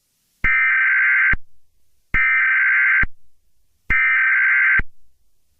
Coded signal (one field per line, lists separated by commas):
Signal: Emergency Alert System (SAME) tones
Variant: header bursts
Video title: EAS Mock - North Carolina Severe Thunderstorm